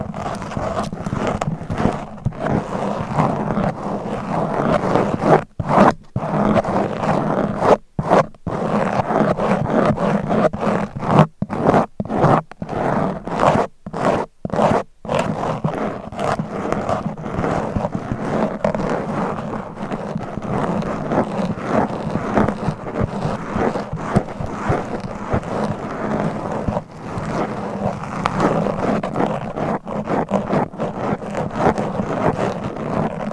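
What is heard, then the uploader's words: Long nails scratch rapidly and continuously across a microphone, making a dense, rasping texture with a low rumbling body. Several brief gaps of near silence break the scratching between about five and fifteen seconds, then it runs steadily without pause to the end. ASMR Mic Scratching - Brain Scratching Hypnotic Asmr No Talking for Sleep with Long Nails.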